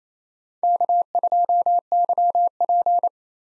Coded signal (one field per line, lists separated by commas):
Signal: Morse code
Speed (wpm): 29 wpm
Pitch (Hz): 700 Hz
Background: none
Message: K2YP